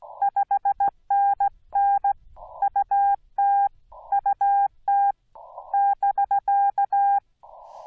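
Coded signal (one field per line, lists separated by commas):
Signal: Morse code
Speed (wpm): 15 wpm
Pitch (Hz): 800 Hz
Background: none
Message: 5NN UT UT <BK>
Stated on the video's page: Rusty CW on a POTA/SOTA activation at Angels Landing, Yaesu FT-891 at 25 watts into a 17-foot Chameleon whip leaned in a tree.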